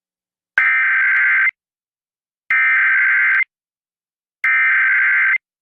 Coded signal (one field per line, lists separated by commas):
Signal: Emergency Alert System (SAME) tones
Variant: header bursts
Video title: EAS San Diego, CA TRW and LAE warnings prior to TS Hilary on KOGO AM (08/18-19/2023)